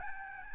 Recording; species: mosquito wingbeat signal from an infrared sensor; Aedes albopictus